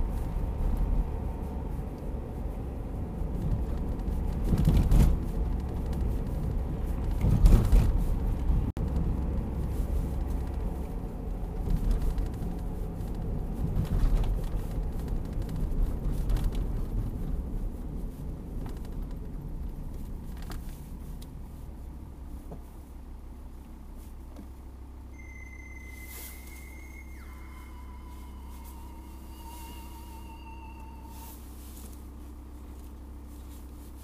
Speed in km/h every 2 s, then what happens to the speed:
50, 49, 50, 48, 48, 49, 47, 43, 36, 28, 18, 7, 0, 0, 0, 0, 0.
0-13 steady at about 49. 13-23 brakes to 0. 23-34 standing.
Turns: none.